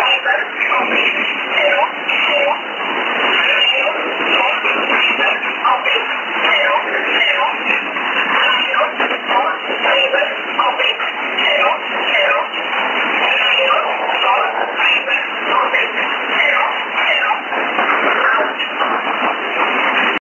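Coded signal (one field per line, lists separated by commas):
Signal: numbers station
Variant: E11 Oblique, English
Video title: 03 12 2018 E11 Oblique Numbers station in English to Eu 0640 on 11450 unknown tx site in USB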